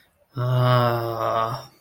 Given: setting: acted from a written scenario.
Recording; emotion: vocal sound without words; realization